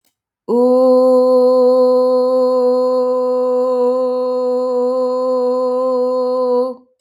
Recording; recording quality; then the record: sustained vowel as in boot; excellent, no background noise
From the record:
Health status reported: healthy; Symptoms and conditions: none ticked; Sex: female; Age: 28 years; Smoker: not ticked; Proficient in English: yes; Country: France